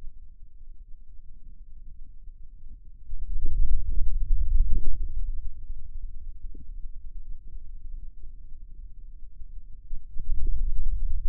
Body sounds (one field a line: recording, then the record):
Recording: forearm muscle sounds (acoustic myography)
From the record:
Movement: hand closing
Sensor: system 2, bracelet of six BSWA MPA416 microphones around the upper forearm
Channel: 3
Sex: male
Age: 22 years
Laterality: right